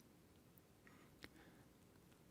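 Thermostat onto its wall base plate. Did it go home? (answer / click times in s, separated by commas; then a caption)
yes / 1.2 s. A Wyze thermostat body is pushed onto its wall-mounted plastic base plate. Over a quiet background with a few faint ticks, a single sharp click at 1.2 s is heard as it seats in place.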